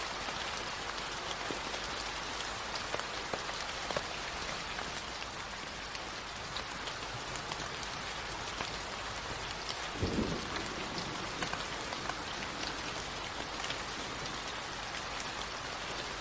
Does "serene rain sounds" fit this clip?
yes